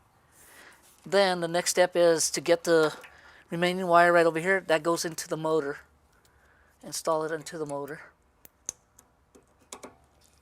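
Someone talks, then pushes the remaining wiring harness plug into the socket of a Bestop PowerBoard power running board motor. A sharp plastic click at 8.7 s marks the connector seating, with a few fainter ticks around it, and the connection is done.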